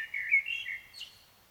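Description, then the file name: Common blackbird song: a short mellow whistled warble followed by a brief high scratchy twitter that fades out. "Turdus merula"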